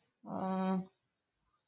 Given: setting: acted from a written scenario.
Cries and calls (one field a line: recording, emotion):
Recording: vocal sound without words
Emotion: shame